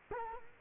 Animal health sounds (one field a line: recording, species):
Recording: mosquito wingbeat signal from an infrared sensor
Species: Culex quinquefasciatus